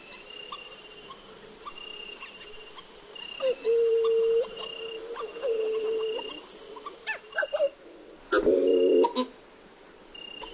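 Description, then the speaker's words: Hawaiian Petrel calls: drawn-out moaning notes, some wavering, among thin high whistles and clicks over a steady hiss. Calling as they return to their burrow nests around 9 in the evening; Kauai, Hawaii; local name Wa'u; calls described as bizarre. "Wa'u, or Hawaiian petrels, utter their bizarre calls as they return to their burrow nests around 9 in the evening."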